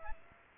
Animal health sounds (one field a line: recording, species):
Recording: mosquito wingbeat signal from an infrared sensor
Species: Aedes aegypti